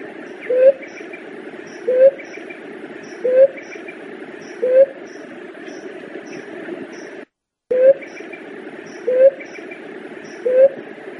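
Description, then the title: Dove repeating a short low rising hoot roughly every 1.4 seconds, seven notes in all, with a steady background hiss and faint rhythmic high clicks. "Juriti"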